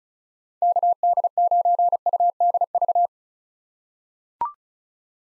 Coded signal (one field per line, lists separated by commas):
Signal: Morse code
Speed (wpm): 36 wpm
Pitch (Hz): 700 Hz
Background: none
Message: KD9UDV